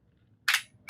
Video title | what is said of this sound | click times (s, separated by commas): The All New Epropulsion eLite Long Shaft! | So you can hear it when I lock it all the way down. | 0.5 s